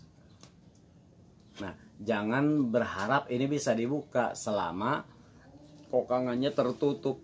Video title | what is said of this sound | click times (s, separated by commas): Fx Impact MkII (fullset Paket) Pesanan pak Amir Hasan | Sampai bunyi klik dulu Mari kita nah | 0.4 s